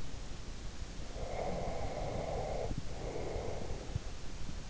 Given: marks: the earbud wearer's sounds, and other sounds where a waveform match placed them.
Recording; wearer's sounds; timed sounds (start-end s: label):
sounds in sleep by an in-ear microphone; breath
1.09-4.04 s: breath